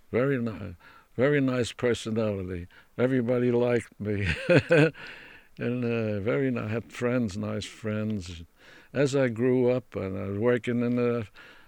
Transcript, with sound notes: Very nice Very nice personality. Everybody liked me. (he laughs) And very ni, I had friends, nice friends. As I grew up and I was working in the,